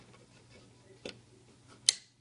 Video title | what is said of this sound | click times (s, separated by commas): EP Armory / EP Lowers LPK installed and reviewed. | there's the click for the safety on and then | 1.9 s